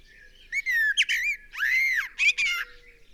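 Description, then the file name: Common blackbird singing slurred, fluted notes with a longer arching whistle in the middle. "Turdus merula"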